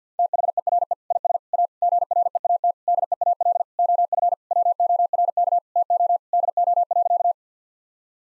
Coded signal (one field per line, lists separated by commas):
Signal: Morse code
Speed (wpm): 50 wpm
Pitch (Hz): 700 Hz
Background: none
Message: THERE IS A GREAT DEAL OF WORK TO DO.